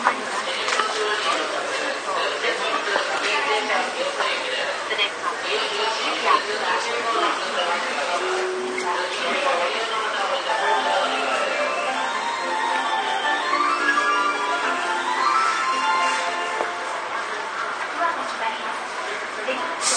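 A Tobu 9000 series train on its run, heard as a steady, dense wash of rumbling ride noise with little deep bass. Tonal motor whines rise and fall through the middle, especially around 12 to 17 seconds, and voices appear to murmur underneath.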